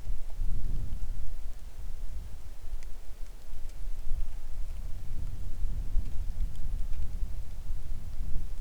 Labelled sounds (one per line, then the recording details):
wind
rain
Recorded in the Arctic National Wildlife Refuge, Alaska, on 3 August 2019 at 10:01
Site 41